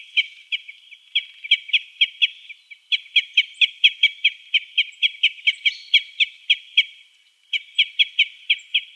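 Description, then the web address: Common crossbill giving a long, rapid, steady run of sharp, clipped 'kip' calls, with a brief pause near the end. "Schulze Peter Common Crossbill calls"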